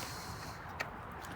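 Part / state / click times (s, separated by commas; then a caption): bulb socket into tail light housing / not seated / none. A plastic bulb socket is handled in the tail light housing of a 1999–2004 Honda Odyssey as it is fitted back into its hole to be twist-locked in place. Over steady background noise, one brief sharp sound stands out at about 0.8 s. Nothing has seated or clicked yet; the clip ends just before the socket goes home.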